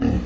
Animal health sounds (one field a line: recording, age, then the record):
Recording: pig call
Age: growing-finishing pig (85 days or more)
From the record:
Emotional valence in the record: negative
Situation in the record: barren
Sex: female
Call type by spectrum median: low-frequency call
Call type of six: low-frequency stable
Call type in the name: low-frequency stable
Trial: 3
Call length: 0.25 s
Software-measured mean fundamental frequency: 40 Hz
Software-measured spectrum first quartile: 111 Hz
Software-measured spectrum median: 219 Hz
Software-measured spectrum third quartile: 343 Hz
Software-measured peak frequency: 260 Hz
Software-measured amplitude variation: 214 dB a second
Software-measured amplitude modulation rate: 21.6 a second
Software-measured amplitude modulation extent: 9.9 dB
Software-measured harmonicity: 0.7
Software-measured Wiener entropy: -1.04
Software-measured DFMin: 833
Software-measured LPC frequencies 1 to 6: 275, 1782, 2760, 3904, 4688, 6027 Hz